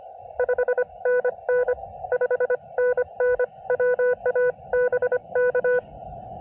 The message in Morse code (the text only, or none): 5NN 5NN WA BK